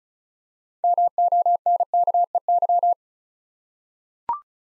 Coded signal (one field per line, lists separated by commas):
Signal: Morse code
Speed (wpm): 36 wpm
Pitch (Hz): 700 Hz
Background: none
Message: MONKEY